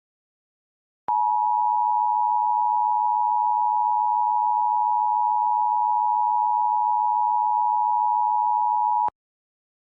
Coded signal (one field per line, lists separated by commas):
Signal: Emergency Alert System (SAME) tones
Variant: 853 and 960 Hz attention tone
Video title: The Disappearences: An EAS Scenario (collab between me and Randomnicious)